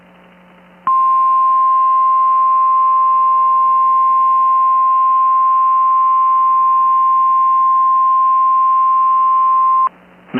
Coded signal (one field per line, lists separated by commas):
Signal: Emergency Alert System (SAME) tones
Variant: 1050 Hz attention tone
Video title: Wisconsin State EAS Required Monthly Tests (September 1st, 2021)